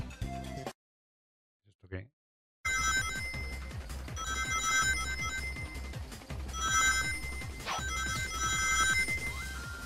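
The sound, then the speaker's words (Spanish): Audio from the game Sonic Thorns UDK, made with the Unreal Development Kit: Sonic running at full speed through ruins collecting rings, bright, high chiming pickup sounds ringing out repeatedly over a busy, rhythmic music track, after a brief silent gap near the start. “Eso que estáis escuchando es Sonic pues corriendo a toda pastilla por una especie de ruinas que va recogiendo, pues ya sabéis, por todos los anillos del mundo, menos el anillo único.”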